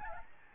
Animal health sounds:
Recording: mosquito wingbeat signal from an infrared sensor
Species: Aedes albopictus

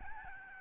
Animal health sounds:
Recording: mosquito wingbeat signal from an infrared sensor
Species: Aedes albopictus

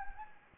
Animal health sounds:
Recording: mosquito wingbeat signal from an infrared sensor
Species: Anopheles gambiae

